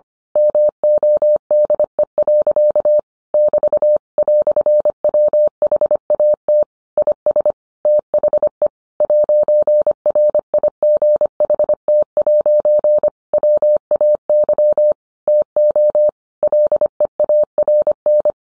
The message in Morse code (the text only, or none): MODE. <BT>"WHAT IS THE 'RIGHT' WAY TO LEARN